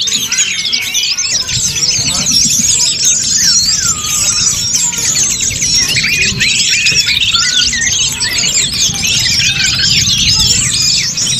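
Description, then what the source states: Many birds singing at once, a constant tangle of sharp high chirps, twitters and short whistled sweeps. Chirping birdsong recording made for training and tutoring favourite pet birds.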